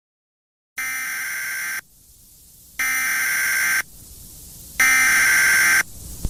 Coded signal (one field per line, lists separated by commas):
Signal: Emergency Alert System (SAME) tones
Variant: header bursts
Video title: EAS FLASH FLOOD WARNING 29062023 5:48 AM extended alert for Humacao & Naguabo to 7:00 AM